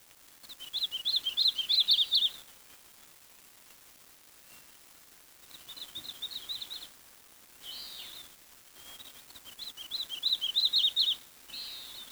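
Bird calls, rapid bursts of high twittering chirps repeated several times a second, coming in phrases of one to two seconds separated by pauses.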